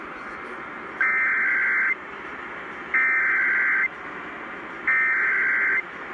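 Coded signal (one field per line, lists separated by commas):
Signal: Emergency Alert System (SAME) tones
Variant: header bursts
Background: speech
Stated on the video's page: Failed San Diego Required Monthly Test, decoded as a Practice/Demo Warning.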